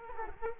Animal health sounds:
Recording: mosquito wingbeat signal from an infrared sensor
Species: Culex quinquefasciatus

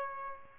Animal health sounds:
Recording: mosquito wingbeat signal from an infrared sensor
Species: Aedes albopictus

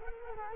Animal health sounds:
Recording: mosquito wingbeat signal from an infrared sensor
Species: Culex quinquefasciatus

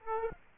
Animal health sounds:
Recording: mosquito wingbeat signal from an infrared sensor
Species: Aedes aegypti

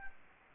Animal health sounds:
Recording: mosquito wingbeat signal from an infrared sensor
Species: Aedes albopictus

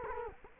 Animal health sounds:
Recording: mosquito wingbeat signal from an infrared sensor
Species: Culex quinquefasciatus

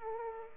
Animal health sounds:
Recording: mosquito wingbeat signal from an infrared sensor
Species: Aedes aegypti

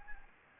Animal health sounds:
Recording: mosquito wingbeat signal from an infrared sensor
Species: Anopheles gambiae

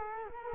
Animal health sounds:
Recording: mosquito wingbeat signal from an infrared sensor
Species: Culex quinquefasciatus

